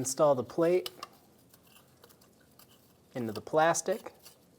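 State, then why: Not seated. A cover plate is handled at its plastic mount near the crankshaft position sensor on a 2013-2017 Honda Accord, with only a few faint, brief taps between stretches of someone talking. Nothing has seated or clicked into place yet.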